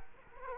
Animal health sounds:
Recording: mosquito wingbeat signal from an infrared sensor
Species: Culex quinquefasciatus

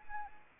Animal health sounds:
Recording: mosquito wingbeat signal from an infrared sensor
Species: Anopheles arabiensis

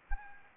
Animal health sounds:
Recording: mosquito wingbeat signal from an infrared sensor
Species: Anopheles gambiae

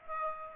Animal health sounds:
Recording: mosquito wingbeat signal from an infrared sensor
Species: Aedes aegypti

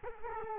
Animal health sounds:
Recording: mosquito wingbeat signal from an infrared sensor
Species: Culex quinquefasciatus

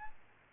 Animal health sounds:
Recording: mosquito wingbeat signal from an infrared sensor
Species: Aedes albopictus

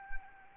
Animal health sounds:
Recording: mosquito wingbeat signal from an infrared sensor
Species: Anopheles arabiensis

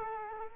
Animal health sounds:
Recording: mosquito wingbeat signal from an infrared sensor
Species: Culex quinquefasciatus

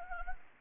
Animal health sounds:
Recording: mosquito wingbeat signal from an infrared sensor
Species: Anopheles gambiae

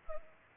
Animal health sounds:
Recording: mosquito wingbeat signal from an infrared sensor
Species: Culex pipiens

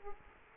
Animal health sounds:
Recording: mosquito wingbeat signal from an infrared sensor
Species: Culex quinquefasciatus

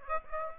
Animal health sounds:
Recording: mosquito wingbeat signal from an infrared sensor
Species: Aedes aegypti

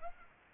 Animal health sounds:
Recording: mosquito wingbeat signal from an infrared sensor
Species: Culex pipiens

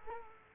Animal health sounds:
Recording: mosquito wingbeat signal from an infrared sensor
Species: Culex quinquefasciatus

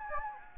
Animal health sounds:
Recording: mosquito wingbeat signal from an infrared sensor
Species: Anopheles gambiae

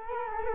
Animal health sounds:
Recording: mosquito wingbeat signal from an infrared sensor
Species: Culex quinquefasciatus

